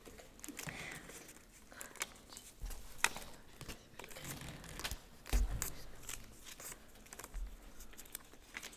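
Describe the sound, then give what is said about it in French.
Paper slips being torn and handled: irregular crisp rustles and short ripping bursts, scattered unevenly over several seconds at a fairly soft level, with no voices. “Tu peux prendre plusieurs papiers, hein, si t'as besoin de, si t'as des idées ou d'autres envies.”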